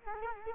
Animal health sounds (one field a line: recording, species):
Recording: mosquito wingbeat signal from an infrared sensor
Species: Culex quinquefasciatus